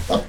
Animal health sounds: pig call; piglet (1 to 25 days)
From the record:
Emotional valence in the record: positive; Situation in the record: reunion after long isolation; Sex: male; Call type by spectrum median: low-frequency call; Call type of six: low-frequency tonal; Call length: 0.29 s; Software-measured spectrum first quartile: 311 Hz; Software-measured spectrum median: 630 Hz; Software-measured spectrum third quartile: 1462 Hz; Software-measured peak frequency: 488 Hz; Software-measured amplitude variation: 166 dB a second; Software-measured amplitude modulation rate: 20.4 a second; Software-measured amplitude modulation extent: 8.1 dB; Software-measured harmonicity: 1.3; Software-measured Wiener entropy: -1.69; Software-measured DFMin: 593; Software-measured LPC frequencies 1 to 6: 576, 1056, 3360, 4535, 5107, 6743 Hz

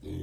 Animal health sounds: pig call; weaner (32 to 43 days)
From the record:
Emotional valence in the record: positive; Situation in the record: positive conditioning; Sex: female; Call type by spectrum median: low-frequency call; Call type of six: low-frequency stable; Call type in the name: low-frequency stable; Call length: 0.23 s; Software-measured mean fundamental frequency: 44 Hz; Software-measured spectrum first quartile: 101 Hz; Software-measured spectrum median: 216 Hz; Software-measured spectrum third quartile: 385 Hz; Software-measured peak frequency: 305 Hz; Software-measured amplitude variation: 121 dB a second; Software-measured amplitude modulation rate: 27.9 a second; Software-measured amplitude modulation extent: 4.3 dB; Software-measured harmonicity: 2.6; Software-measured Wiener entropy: 0.04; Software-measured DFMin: 1033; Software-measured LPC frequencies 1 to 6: 329, 2251, 3321, 3809, 4746, 5594 Hz

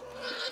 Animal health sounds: pig call; piglet (1 to 25 days)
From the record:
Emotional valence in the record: negative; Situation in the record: fighting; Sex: male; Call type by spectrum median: low-frequency call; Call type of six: low-frequency stable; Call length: 0.51 s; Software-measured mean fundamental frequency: 57 Hz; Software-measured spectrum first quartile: 945 Hz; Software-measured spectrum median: 2214 Hz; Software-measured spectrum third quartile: 4082 Hz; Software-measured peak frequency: 506 Hz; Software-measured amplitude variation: 88 dB a second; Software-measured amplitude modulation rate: 22.5 a second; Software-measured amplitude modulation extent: 3.9 dB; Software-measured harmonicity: 1.4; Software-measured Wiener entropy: -1.64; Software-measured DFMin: 655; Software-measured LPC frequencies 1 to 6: 570, 1452, 3121, 4048, 5050, 6820 Hz

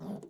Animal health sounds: pig call; piglet (1 to 25 days)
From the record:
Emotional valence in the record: negative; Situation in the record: long isolation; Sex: female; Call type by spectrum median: low-frequency call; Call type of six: mixed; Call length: 0.30 s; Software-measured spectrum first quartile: 199 Hz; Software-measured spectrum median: 307 Hz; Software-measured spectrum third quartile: 704 Hz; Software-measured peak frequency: 198 Hz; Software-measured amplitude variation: 171 dB a second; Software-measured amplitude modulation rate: 20.1 a second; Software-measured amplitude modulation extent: 8.5 dB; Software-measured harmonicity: 4.6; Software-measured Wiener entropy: -0.31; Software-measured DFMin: 1078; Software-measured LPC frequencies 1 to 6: 3411, 4776, 6428, 7234, 8189, 9244 Hz

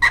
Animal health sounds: pig call; piglet (1 to 25 days)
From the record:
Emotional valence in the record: positive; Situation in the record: reunion after long isolation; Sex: male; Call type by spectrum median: low-frequency call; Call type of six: low-frequency tonal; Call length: 0.11 s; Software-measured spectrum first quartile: 1394 Hz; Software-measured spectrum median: 1888 Hz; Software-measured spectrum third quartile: 2094 Hz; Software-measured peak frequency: 1906 Hz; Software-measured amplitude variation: 112 dB a second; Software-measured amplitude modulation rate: 13.2 a second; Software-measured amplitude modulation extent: 8.5 dB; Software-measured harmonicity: 9.0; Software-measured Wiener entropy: -2.51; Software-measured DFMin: 704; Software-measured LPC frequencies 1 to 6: 1034, 1940, 3995, 4981, 5768, 6527 Hz

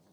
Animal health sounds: pig call; piglet (1 to 25 days)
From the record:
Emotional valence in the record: positive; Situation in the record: short reunion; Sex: male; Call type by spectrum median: low-frequency call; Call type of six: low-frequency stable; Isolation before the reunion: 3 minutes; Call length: 0.12 s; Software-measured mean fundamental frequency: 86 Hz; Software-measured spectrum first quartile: 280 Hz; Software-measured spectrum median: 767 Hz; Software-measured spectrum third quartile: 4863 Hz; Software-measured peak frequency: 177 Hz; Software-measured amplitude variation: 56 dB a second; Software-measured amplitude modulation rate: 12.0 a second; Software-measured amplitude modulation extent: 4.7 dB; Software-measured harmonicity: 2.3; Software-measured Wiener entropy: -2.73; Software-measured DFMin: 1019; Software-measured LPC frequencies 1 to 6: 4368, 5426, 6150, 6892, 7959, 8917 Hz

